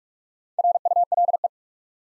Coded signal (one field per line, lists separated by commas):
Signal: Morse code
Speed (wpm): 44 wpm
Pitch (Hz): 700 Hz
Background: none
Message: RULE